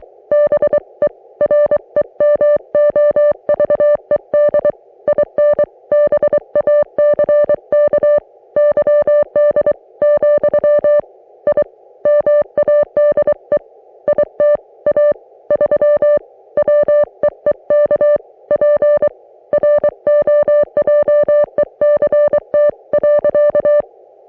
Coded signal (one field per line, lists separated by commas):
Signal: Morse code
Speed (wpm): 23 wpm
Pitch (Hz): 590 Hz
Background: music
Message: BE REMOVED IN BACK YD , I MADE IT A 3 WEEK PROJECT.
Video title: Di-Dah-Dit Weekly - Morse Code Practice